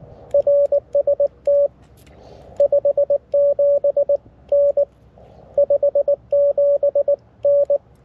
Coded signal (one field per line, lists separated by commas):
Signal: Morse code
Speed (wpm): 19 wpm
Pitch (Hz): 560 Hz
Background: radio noise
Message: RST 57N 57N